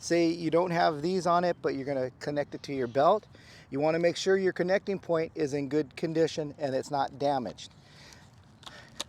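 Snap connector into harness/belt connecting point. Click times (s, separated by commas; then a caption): 9.0 s. Someone talks for most of the clip, then it goes quiet with a few faint ticks around 8.1 s and 8.7 s. A snap hook or buckle is connected to the harness or belt connecting point and locks in place with a sharp click at 9.0 s, fully seated.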